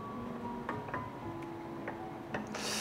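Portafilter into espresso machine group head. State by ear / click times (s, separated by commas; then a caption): not seated / none. A blindfolded barista twists a metal portafilter into an espresso machine's group head, having first gotten only one side to catch. Light metallic taps and scrapes come at about 0.7, 0.9, 1.9 and 2.3 seconds over a steady tonal hum, and a bright hiss rises near the end. The portafilter has not seated or locked yet.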